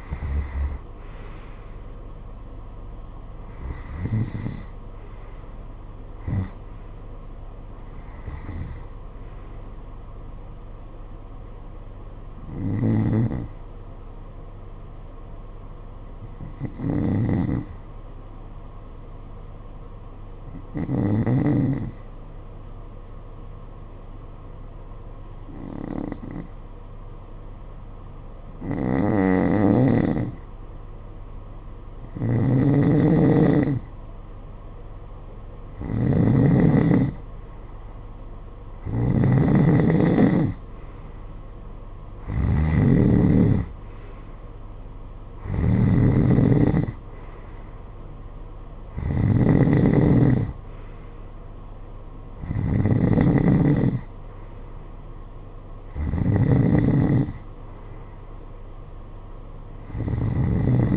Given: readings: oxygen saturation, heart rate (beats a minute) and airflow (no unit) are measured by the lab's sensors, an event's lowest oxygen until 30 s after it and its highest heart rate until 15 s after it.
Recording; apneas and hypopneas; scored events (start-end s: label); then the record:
breathing in sleep by a smartphone at the bedside; 1
11.00-60.97 s: new sleep stage, N2 (light sleep)
15.00-36.30 s: hypopnea (N2, oxygen 95% highest, then 87% lowest, heart rate 50 at the start, 66 highest)
From the record:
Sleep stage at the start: N1 (lightest sleep); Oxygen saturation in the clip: 87 to 95%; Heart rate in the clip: 50 to 74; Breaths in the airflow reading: 17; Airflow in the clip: -13.5 to 10.6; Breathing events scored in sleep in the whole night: 476 in 9.7 hours asleep